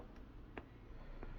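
The plastic safety lock on the wiring connector of the rear right turn-signal lamp of a 2016 VW Sharan 7N2, fitted during a PY21W bulb replacement, is pressed down by hand to lock it. A short, sharp snap at 0.58 s marks the lock clicking closed, and a fainter tick follows at 1.2 s. The connector is locked and seated.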